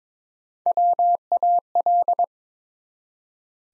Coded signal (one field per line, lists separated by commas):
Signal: Morse code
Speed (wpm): 22 wpm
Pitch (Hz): 700 Hz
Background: none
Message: WAL